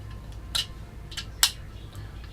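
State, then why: Seated. A cold shoe mounting clip is slid under a wireless microphone receiver and pushed in. A softer sliding tick comes near 0.6 s, and a sharp click at 1.4 s shows the clip has seated in the receiver.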